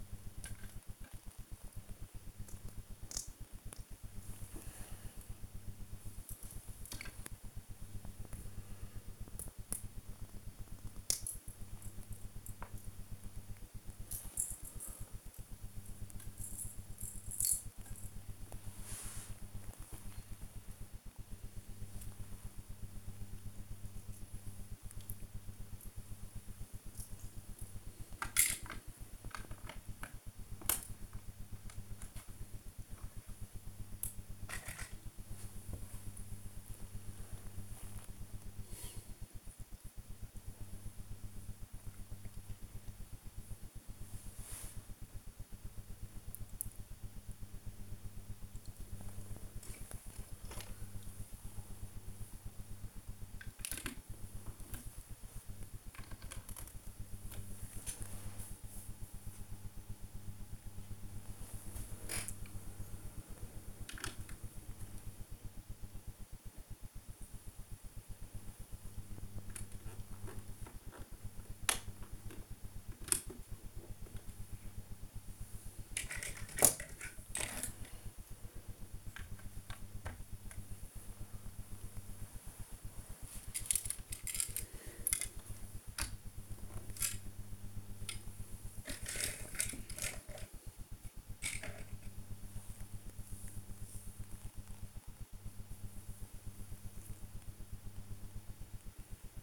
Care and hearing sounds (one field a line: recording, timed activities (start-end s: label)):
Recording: household activities, microphone on the right wrist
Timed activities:
0.00-99.43 s: build with lego